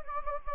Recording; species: mosquito wingbeat signal from an infrared sensor; Anopheles gambiae